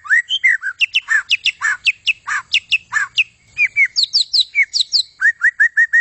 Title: kicau murai batu panjang